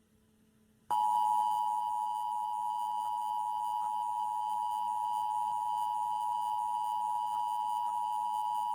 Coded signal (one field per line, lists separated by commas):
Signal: Emergency Alert System (SAME) tones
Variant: 853 and 960 Hz attention tone